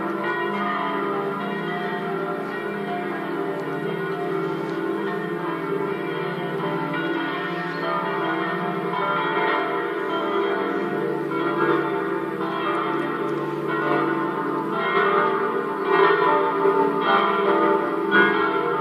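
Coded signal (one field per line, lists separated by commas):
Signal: bell signal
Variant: Italian swinging church bells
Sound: several large church bells swinging and ringing together continuously, rich overlapping tones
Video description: concerto di 5 campane mezz' ora prima della messa delle 09:30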